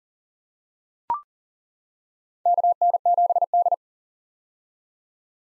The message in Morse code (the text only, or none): KN7D